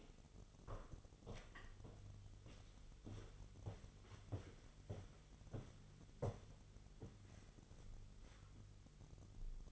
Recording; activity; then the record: daily activity, microphone in the room; walk to room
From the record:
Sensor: 4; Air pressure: 989.0 hPa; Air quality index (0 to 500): 200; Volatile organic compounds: 46 ppm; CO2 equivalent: 3241 ppm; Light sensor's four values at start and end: 29/99/37/39 and 29/98/36/38